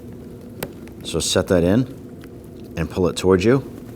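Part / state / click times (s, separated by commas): wiper blade adapter into blade tray channel / not seated / none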